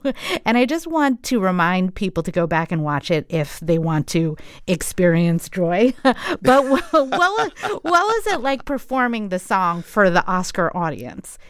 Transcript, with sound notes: And I just want to remind people to go back and watch it if they want to experience joy.
(LAUGHTER)
But what is it like performing the song for the Oscar audience?